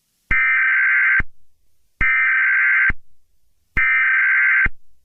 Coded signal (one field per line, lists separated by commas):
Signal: Emergency Alert System (SAME) tones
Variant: header bursts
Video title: EAS Scenario: The Wrath of Chaos 2 - The Angers of Water